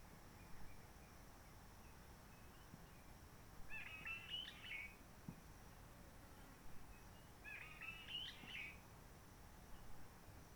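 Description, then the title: Réunion bulbul song: two compact chattering whistled phrases about four seconds apart, with faint low background noise and a steady high hum. Roche Merveilleuse, Réunion; quiet forest, sunny blue sky, since 19 March 2020 lockdown without visitors, microlights or helicopters; birds not very active; bulbul sings simpler short phrases, habit from enduring aircraft noise. "Roche Merveilleuse, Réunion - Merle de lîle de la Réunion."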